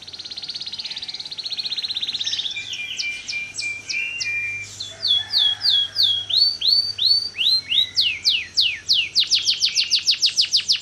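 Bird pouring out a long varied song: a buzzy trill, then quick whistled sweeps and a run of sharp repeated descending notes, all very high-pitched.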